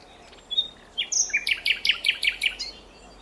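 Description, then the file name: Common nightingale singing a high whistle and short slurs, followed by a rhythmic series of several sharp repeated notes. "Luscinia megarhynchos"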